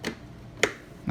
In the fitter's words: And that clicks, ta-da!